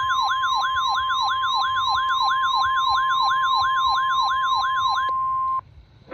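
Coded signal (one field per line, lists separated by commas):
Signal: Emergency Alert System (SAME) tones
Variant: 1050 Hz attention tone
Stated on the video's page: Severe thunderstorm warning from weather radio station KXI42.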